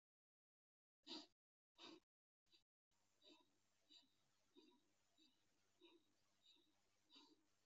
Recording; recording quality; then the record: shallow breathing; moderate, slight background noise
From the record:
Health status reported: healthy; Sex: male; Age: 31 years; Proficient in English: yes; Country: India